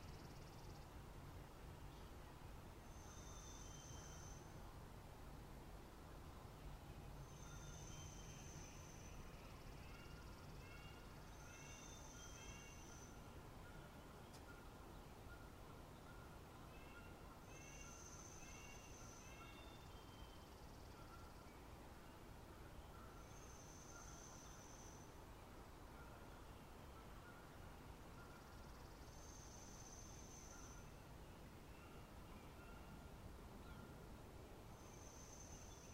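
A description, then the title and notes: A spring forest hums with a steady, dense low rumble beneath scattered birdsong. A high, thin call repeats every four to five seconds throughout, while softer chirping phrases trill in between. The loudness holds even from start to finish, with no sudden events. Sounds of Nature: A Green Forest in Spring. An aural exploration of a lush green forest in spring, from morning until night.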